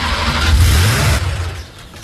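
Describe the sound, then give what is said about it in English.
A car engine cranks and sputters, trying to start, with a low rumbling churn that swells for about a second and then fades away without catching. “Turn on the engine and let's see what happens.”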